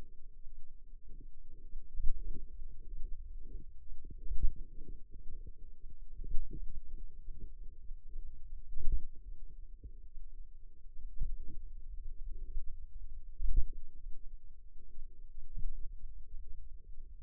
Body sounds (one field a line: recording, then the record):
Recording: forearm muscle sounds (acoustic myography)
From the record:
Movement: finger pinch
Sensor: system 2, bracelet of six BSWA MPA416 microphones around the upper forearm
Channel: 5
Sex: female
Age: 22 years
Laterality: right